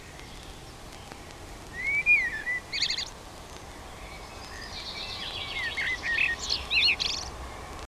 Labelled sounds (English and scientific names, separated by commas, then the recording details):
Common Blackbird (Turdus merula) song
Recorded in the wild
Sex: male
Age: adult
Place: Bielefeld-Mitte, Nordrhein-Westfalen, DE
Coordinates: 52.0078, 8.54556
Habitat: residential district
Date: 1968-04-27
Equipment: Uher 4000 Report-S, Bändchenmikro Beyer M 260, Parabolspiegel Polyester (470 mm)
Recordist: Conrads, Klaus
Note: Bielefeld, Detmolder Straße 123. Männchen auf dem Haus: Gesang, einmal Pfeifmotiv. Technische Störung (Knistern)